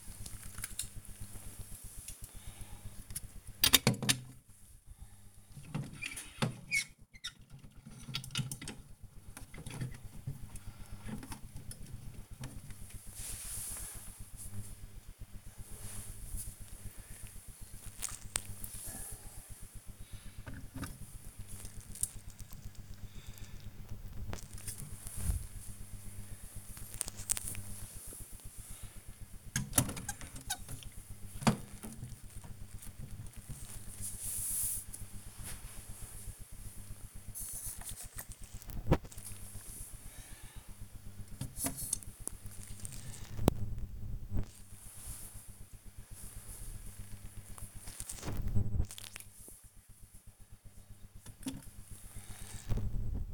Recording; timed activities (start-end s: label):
household activities, microphone on the right wrist
0.00-53.34 s: dusting model cars